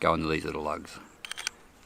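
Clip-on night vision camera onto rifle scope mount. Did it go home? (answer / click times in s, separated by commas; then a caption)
yes / 1.5 s. A Oneleaf NV100 Commander clip-on digital night vision camera is pushed onto the mount on a rifle scope so its lugs go into the mount's lugs, while someone talks over the first part. A few sharp mechanical clicks follow at about 1.3 s, with the loudest at 1.5 s as it locks, seated firmly.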